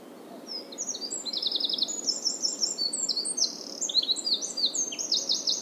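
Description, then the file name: Eurasian wren pouring out a loud, fast, high song of trills and sharp chips, continuing to the end over a soft steady background hiss. "Troglodytes troglodytes"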